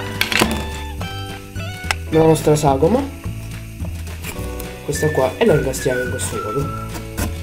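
A hand-cut 4 mm plywood frame for a model galleon is handled and pushed toward its slot in a plywood keel piece while someone talks over background music. A few faint knocks come through under the music, but the clip ends before the frame goes home, so nothing has seated yet.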